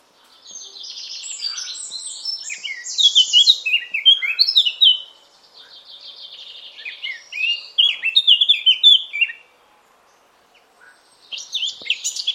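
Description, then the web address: Eurasian blackcap song beginning with a quiet, twittering chatter that swells into loud flutelike whistles, repeated in a second phrase, with a further scratchy burst at the end. "cianscape birddata Deverinetal 2025"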